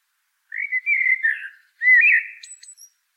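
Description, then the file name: Common blackbird song: two mellow fluted phrases, the second ending in brief high thin squeaks. "Turdus merula"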